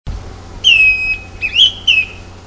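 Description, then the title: Greenish schiffornis song: a long clear whistle held steady, then a short rising-falling slurred whistle and a final descending note, over a faint low hum. "LuckyPassaro Completos2Sama. Greenish Schiffornis (Schiffornis virescens)"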